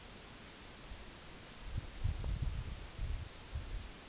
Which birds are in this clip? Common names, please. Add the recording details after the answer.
none. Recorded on Arctic tundra, site NAIT-1, on 2 July 2019. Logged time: 18:00